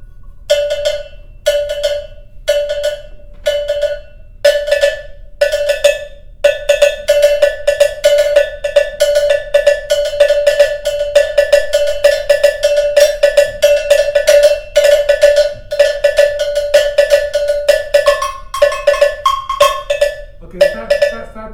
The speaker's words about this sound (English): Okay. Now you're going to do a bell.